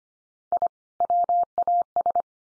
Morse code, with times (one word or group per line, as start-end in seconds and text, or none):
0.5-0.7 I
1.0-2.2 WAS